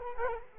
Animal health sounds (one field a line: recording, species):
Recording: mosquito wingbeat signal from an infrared sensor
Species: Culex quinquefasciatus